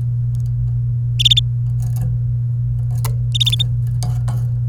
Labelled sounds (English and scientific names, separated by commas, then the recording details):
Domestic Canary (Serinus canaria) song
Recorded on 28 April 2018 at 12:08
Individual llb3